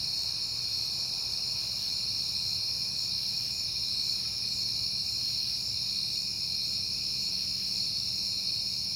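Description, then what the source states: Many crickets trilling together in a constant shrill drone, with a faint background rumble. Crickets recorded on a peaceful night in September.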